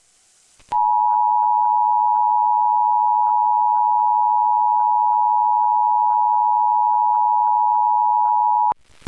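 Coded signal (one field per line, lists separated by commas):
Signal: Emergency Alert System (SAME) tones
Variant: 853 and 960 Hz attention tone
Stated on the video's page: Extreme Cold Warning EAS tones received via WBAP and relayed by station KDSX through a DASDEC EAS decoder.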